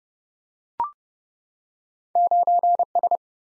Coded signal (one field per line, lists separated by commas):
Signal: Morse code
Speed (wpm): 30 wpm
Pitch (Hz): 700 Hz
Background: none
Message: 9S